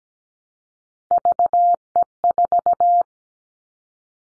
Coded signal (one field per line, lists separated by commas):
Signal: Morse code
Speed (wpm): 17 wpm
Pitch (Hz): 700 Hz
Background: none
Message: VE4